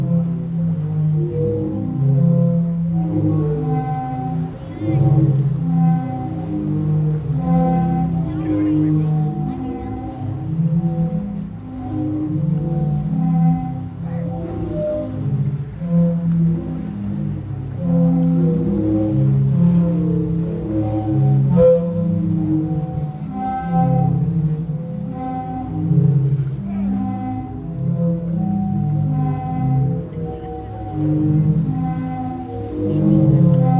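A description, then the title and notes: The sea organ in Zadar sounds a continuous cluster of low, hollow, humming tones that swell and shift in pitch as the waves push air through its pipes. Steadier, higher whistling notes hold above them, and brief soft bursts come and go throughout. Die Meeresorgel in Zadar.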